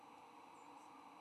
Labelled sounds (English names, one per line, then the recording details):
White-throated Sparrow flight call
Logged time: 07:17 on 15 November 2014